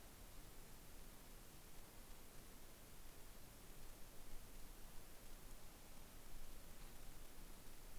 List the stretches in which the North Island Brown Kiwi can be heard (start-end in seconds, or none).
none